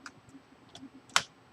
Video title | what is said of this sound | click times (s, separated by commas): Replacing laptop memory Dell Latitude D620 | click save nice | 1.2 s